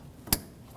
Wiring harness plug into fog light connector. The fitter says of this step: like that, and then squish it till it clicks.